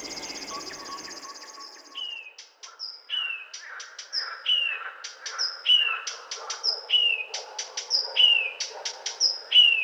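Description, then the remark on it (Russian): A reed warbler, hidden among reeds by a river, sings a steady, chattering song of repeated short notes, sharp clicks alternating with bright whistled phrases in a jerky, rhythmic pattern, with a faint insect-like trill at the start. “А вот эта птица очень пугливая, осторожная. Скорее всего, мы с тобой ее вообще не разглядим. Называют ее камышевка.”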